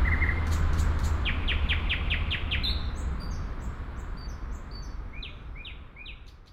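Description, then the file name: Nightingale song opening with a short whistle, then a fast series of repeated notes, followed by high downslurred whistles, over continuous low background rumble. At Sergiyev Posad on 20 May 2011. "nightingale-sergiyevposad-200511"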